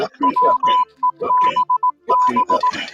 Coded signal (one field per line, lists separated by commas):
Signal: Morse code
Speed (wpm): 18 wpm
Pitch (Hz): 1000 Hz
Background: speech, music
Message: WEBB